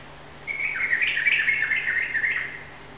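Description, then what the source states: Yellow-vented bulbul singing a fast, continuous, gurgling phrase of warbled notes lasting about two seconds, over a low background hum. Rapid song in the 'ropel' style, recorded indoors in a room; local Indonesian name trucukan.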